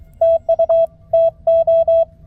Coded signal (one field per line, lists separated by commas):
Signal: Morse code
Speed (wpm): 25 wpm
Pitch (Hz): 690 Hz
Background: music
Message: TU TO